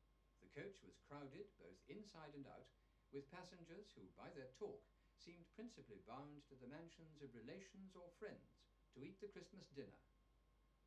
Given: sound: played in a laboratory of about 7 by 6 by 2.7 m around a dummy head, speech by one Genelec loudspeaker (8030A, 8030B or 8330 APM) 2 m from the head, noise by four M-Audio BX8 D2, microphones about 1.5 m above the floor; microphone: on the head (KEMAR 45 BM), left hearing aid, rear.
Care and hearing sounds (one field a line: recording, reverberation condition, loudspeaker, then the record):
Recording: male speech in English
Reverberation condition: low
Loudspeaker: in front (0 degrees)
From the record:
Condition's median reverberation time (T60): about 310 ms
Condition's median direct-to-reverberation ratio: about 3.5 dB